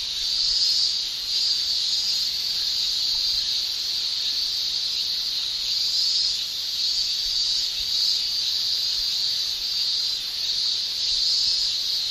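Cicada giving a continuous shrill buzz, loudness gently rising and falling every few seconds, no other sounds standing out.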